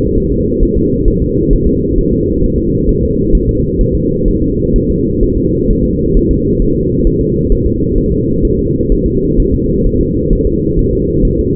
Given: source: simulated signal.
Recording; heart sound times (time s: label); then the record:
fetal heart sounds
0.17 s: S1
0.32 s: S2
0.63 s: S1
0.77 s: S2
1.08 s: S1
1.22 s: S2
1.53 s: S1
1.67 s: S2
1.98 s: S1
2.13 s: S2
2.44 s: S1
2.58 s: S2
2.89 s: S1
3.03 s: S2
3.35 s: S1
3.49 s: S2
3.81 s: S1
3.95 s: S2
4.28 s: S1
4.42 s: S2
4.76 s: S1
4.90 s: S2
5.23 s: S1
5.38 s: S2
5.70 s: S1
5.85 s: S2
6.17 s: S1
6.31 s: S2
6.62 s: S1
6.76 s: S2
7.07 s: S1
7.21 s: S2
7.52 s: S1
7.66 s: S2
7.98 s: S1
8.12 s: S2
8.45 s: S1
8.59 s: S2
8.92 s: S1
9.06 s: S2
9.40 s: S1
9.54 s: S2
9.86 s: S1
10.01 s: S2
10.33 s: S1
10.47 s: S2
10.79 s: S1
10.93 s: S2
11.25 s: S1
11.39 s: S2
From the record:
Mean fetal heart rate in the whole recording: 130 bpm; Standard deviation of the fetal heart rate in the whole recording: 4 bpm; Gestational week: 38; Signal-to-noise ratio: -10.2 dB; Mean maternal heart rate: 72 bpm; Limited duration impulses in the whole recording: present